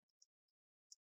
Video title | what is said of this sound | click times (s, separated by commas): How to Repaste and Clean an HP 15 NOTEBOOK 15 f039wm Laptop - Step by Step | and it's going to push the cover just push it down and makes nice click | 0.2 s, 0.9 s